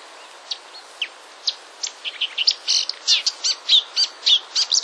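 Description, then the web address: Marsh warbler song: sparse high chirps at first, building into a fast run of varied buzzy and whistled notes, all high-pitched. "wroblowe kolekcja lozowka"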